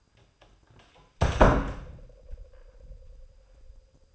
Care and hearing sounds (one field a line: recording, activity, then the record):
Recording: daily activity, microphone in the room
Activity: close door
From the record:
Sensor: 2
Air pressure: 996.0 hPa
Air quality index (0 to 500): 40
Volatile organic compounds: 1 ppm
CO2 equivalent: 710 ppm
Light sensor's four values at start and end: 12/27/12/12 and 11/27/11/12